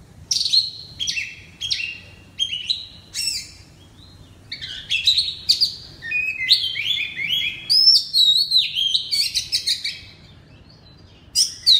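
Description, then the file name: Oriental magpie-robin singing loud, rich whistles and chattering notes in uneven phrases, with a denser run of ringing notes in the later part. Loud song in the 'ngeplong' style of the kacer. "suara kacer ngeplong keras"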